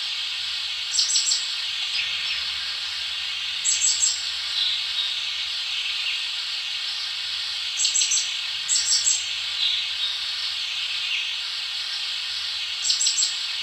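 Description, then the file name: Sri Lanka hanging parrot giving short bursts of rapid, sharp high-pitched notes about five times, separated by irregular pauses, over a constant background hiss. "ceylon hanging parrot"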